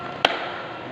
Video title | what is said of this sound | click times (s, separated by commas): Testing Digital Multimeter and Terminal Board - Electrical Machines Lab - Fall 2022 | देखें टक की आवाज़ आई है, इसका मतलब फिक्स हो गया। | 0.2 s